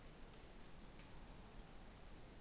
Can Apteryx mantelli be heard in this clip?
no